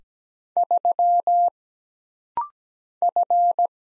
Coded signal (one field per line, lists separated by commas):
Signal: Morse code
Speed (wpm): 17 wpm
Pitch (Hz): 700 Hz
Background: none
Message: 3 F